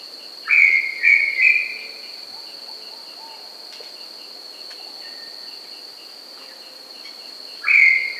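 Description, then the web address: Brown Tinamou with a trio of short whistles, a long gap, then another whistle near the end; a constant high-pitched insect hum runs throughout. South America. "Natures Songs S America Brown Tinamou"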